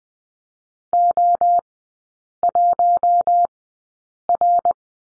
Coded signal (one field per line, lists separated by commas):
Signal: Morse code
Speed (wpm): 20 wpm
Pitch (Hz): 700 Hz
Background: none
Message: O1R